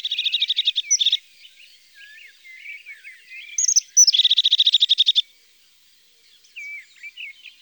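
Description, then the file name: European crested tit sings two long stuttering purred trills, the second introduced by high clipped notes, with scattered soft chirps between. "Mesange huppee ABC des chants doiseaux"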